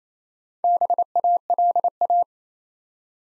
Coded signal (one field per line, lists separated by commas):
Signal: Morse code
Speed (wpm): 27 wpm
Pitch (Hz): 700 Hz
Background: none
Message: BALA